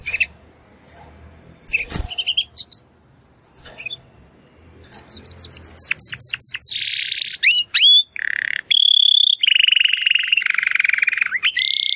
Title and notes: Canário Belga Campainha Canary Singing. Canario Belga Cantando